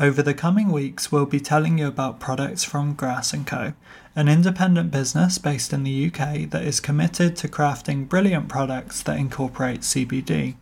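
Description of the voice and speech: Clear, fluent adult male speech reading a sponsor message at a steady pace, with normal voice quality.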